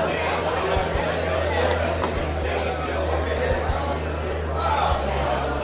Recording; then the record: background sound without coughing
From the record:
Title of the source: CITY SOUNDS Busy Bar in the Evening Night - 2 HOURS of Ambiance for Relaxation